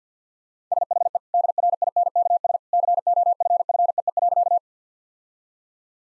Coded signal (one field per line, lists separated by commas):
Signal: Morse code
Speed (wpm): 50 wpm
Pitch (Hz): 700 Hz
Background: none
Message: SHE DRINKS COFFEE.